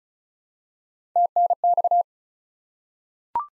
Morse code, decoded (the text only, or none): TNX